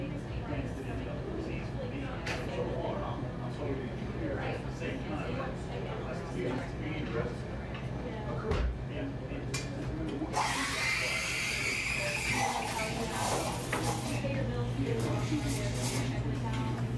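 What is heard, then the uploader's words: A buzzing coffee shop with a steady murmur of overlapping voices and a low constant hum underneath. Brief clinks and knocks come through now and then, and from about ten seconds a louder, brighter hiss, like a steamer, runs for several seconds over the chatter. A buzzing coffee shop.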